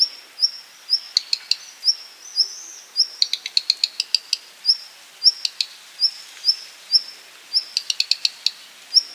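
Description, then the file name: Black redstart calls: regular thin whistled notes interspersed with several clusters of ticking clicks. Call and alarm call. "Hausrotschwanz Ruf Alarmruf"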